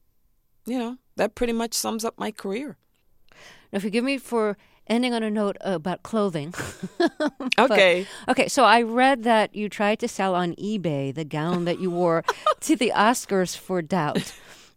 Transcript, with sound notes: you know, that pretty much sums up my career.
Now forgive me for ending on a note about clothing.
(SOUNDBITE OF LAUGHTER)
OK.
But OK. So I read that you tried to sell on eBay the gown that you wore...
(SOUNDBITE OF LAUGHTER)
...to the Oscars for "Doubt."